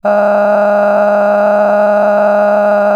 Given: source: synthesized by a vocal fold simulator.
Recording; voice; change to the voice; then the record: sustained vowel; female; cycle-to-cycle stiffness perturbation (roughness), level 8 of 10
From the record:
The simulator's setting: 5.22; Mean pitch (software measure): 206 Hz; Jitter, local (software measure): 2.48%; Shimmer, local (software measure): 16.7%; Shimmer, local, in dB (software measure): 1.50 dB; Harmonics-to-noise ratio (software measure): 12.0 dB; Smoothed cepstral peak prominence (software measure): 14.4 dB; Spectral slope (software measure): -21.8 dB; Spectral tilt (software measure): -11.9 dB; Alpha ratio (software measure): -12.2 dB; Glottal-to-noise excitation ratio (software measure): 0.944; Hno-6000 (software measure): 2.3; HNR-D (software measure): 30.1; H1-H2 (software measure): 3.5 dB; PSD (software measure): 4.2e-04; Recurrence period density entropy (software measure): 0.114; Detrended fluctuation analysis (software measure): 0.0289